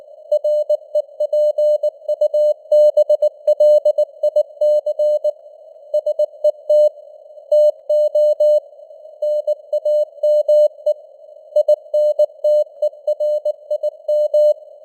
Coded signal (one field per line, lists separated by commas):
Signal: Morse code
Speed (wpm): 19 wpm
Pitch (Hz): 600 Hz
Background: none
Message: REPUBLIC SET TO NAME INTERIM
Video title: Morse Code News | 2025-10-18 | 19wpm